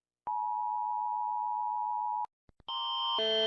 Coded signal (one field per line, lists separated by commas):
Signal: Emergency Alert System (SAME) tones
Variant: 853 and 960 Hz attention tone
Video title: Rating EAS alarm (wait for malaysia) volume down if malaysia siren here